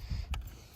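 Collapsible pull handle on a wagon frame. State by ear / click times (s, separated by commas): not seated / none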